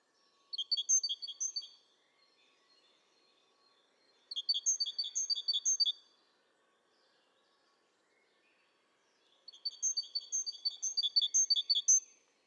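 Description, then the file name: Great tit calling in three bursts of rapid, high, chiming notes, each lasting a couple of seconds or less, with pauses of a few seconds between. "Parus major"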